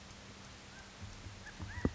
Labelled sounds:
California Quail
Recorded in Sonoma County, California

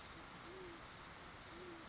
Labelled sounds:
Great Horned Owl
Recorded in Sonoma County, California

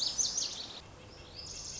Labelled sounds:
Lazuli Bunting
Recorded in Sonoma County, California

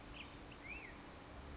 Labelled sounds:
Black-headed Grosbeak
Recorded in Sonoma County, California

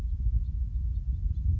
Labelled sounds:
House Finch
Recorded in Sonoma County, California

